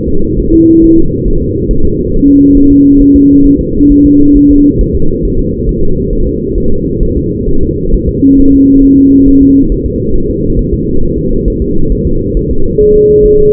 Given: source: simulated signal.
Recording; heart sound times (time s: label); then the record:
fetal heart sounds
0.08 s: S2
0.39 s: S1
0.54 s: S2
0.84 s: S1
0.98 s: S2
1.28 s: S1
1.42 s: S2
1.71 s: S1
1.85 s: S2
2.14 s: S1
2.28 s: S2
2.57 s: S1
2.72 s: S2
3.01 s: S1
3.16 s: S2
3.46 s: S1
3.61 s: S2
3.92 s: S1
4.06 s: S2
4.37 s: S1
4.51 s: S2
4.81 s: S1
4.96 s: S2
5.25 s: S1
5.39 s: S2
5.69 s: S1
5.83 s: S2
6.13 s: S1
6.27 s: S2
6.58 s: S1
6.72 s: S2
7.03 s: S1
7.17 s: S2
7.49 s: S1
7.63 s: S2
7.94 s: S1
8.09 s: S2
8.40 s: S1
8.54 s: S2
8.84 s: S1
8.99 s: S2
9.28 s: S1
9.43 s: S2
9.72 s: S1
9.86 s: S2
10.15 s: S1
10.30 s: S2
10.59 s: S1
10.73 s: S2
11.03 s: S1
11.18 s: S2
11.48 s: S1
11.62 s: S2
11.92 s: S1
12.07 s: S2
12.37 s: S1
12.51 s: S2
12.81 s: S1
12.96 s: S2
13.25 s: S1
13.40 s: S2
From the record:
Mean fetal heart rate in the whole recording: 135 bpm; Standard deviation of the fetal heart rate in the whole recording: 3 bpm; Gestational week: 36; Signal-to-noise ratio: -19.1 dB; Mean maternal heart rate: 72 bpm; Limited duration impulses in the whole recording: present